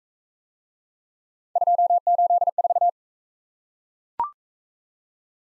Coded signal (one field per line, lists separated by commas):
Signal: Morse code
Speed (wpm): 43 wpm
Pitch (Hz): 700 Hz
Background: none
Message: 284